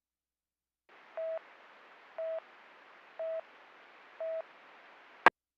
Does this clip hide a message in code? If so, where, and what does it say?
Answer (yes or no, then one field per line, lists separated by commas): no